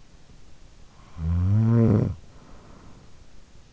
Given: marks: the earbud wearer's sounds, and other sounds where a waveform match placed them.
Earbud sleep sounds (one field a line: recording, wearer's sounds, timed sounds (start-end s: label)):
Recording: sounds in sleep by an in-ear microphone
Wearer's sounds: snoring breath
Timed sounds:
0.84-3.47 s: snoring breath